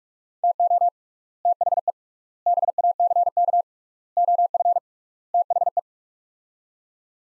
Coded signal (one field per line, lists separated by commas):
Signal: Morse code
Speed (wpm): 41 wpm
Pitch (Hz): 700 Hz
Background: none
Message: TO THE BACK OF THE